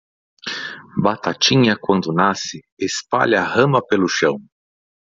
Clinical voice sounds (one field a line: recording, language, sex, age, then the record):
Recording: short text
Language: Brazilian Portuguese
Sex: male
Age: 40 to 49 years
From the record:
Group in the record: control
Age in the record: 46 years